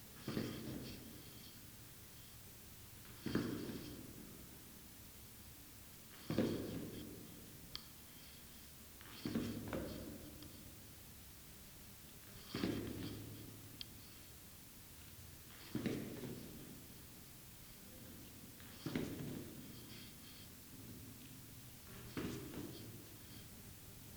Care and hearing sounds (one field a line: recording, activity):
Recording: daily activity, guitar pickup as the sensor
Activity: go downstairs